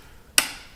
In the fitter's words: plug it back in till I get a good click